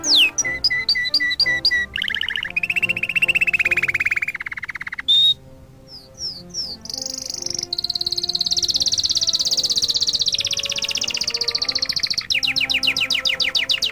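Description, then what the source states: Canary song in a rapid series of changing trills and tours: chattering notes, a lower rolling trill, brief whistles, then long shimmering high trills, with faint music behind. Canary song combined with music.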